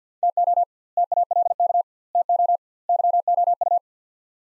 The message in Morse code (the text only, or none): TO TALK TO YOU